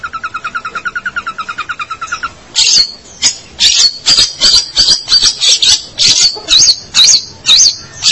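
Long-tailed shrike opening with a fast, even trill of buzzy notes, then switching to loud harsh rasps and squeaky, rising and falling whistles.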